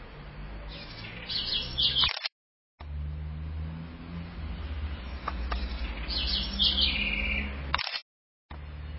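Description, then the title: Southern house wren giving two brief bursts of quick, tumbling high notes several seconds apart, over steady low background hum with short dropouts. "cURRUIRA"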